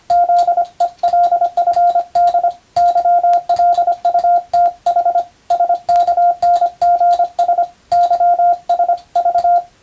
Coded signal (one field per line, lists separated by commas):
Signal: Morse code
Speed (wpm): 25 wpm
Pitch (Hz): 700 Hz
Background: radio noise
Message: ZELFD YLUTH SKNGS YS V